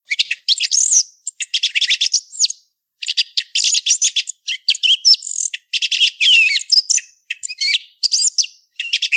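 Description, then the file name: Thrush calling in a fast, continuous stream of high chirps, twitters and short whistled slurs. The stream has only brief gaps throughout. "Tordo"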